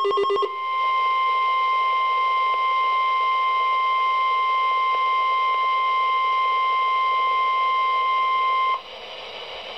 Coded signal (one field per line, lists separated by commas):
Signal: Emergency Alert System (SAME) tones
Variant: 1050 Hz attention tone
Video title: Required Weekly Test FAILS on NOAA Weather Radio! (EAS #1,082-1,084) 12/6/17